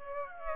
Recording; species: mosquito wingbeat signal from an infrared sensor; Aedes aegypti